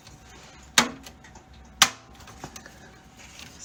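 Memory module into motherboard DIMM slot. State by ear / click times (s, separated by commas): seated / 0.8 s, 1.8 s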